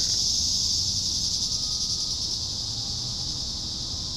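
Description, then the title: Cicadas giving a constant high, sizzling buzz that fades a little toward the end, over low rumbling noise. "neoscenes: cicadas"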